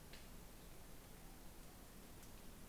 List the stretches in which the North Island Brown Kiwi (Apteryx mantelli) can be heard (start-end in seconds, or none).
none